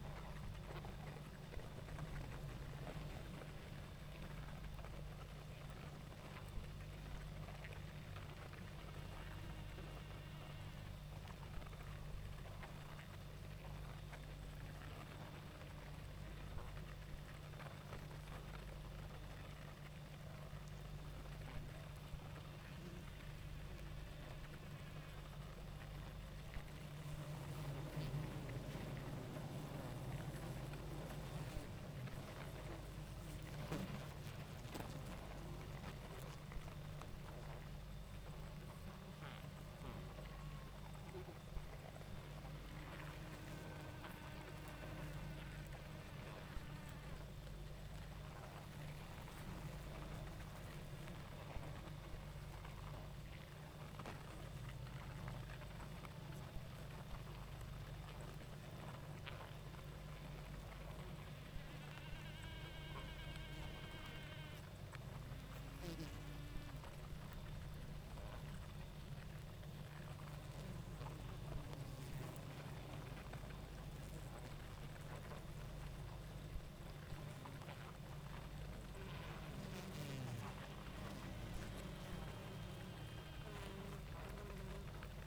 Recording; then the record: honeybee colony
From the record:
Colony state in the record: active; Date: 28 July 2017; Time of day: 19:43